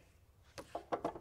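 A metering insert is being handled on a John Deere 1910 air cart, likely in one of the middle runs, on its way into the meter housing. A few sharp knocks and rattles are heard around 0.9 to 1.2 seconds. Nothing has seated or clicked yet.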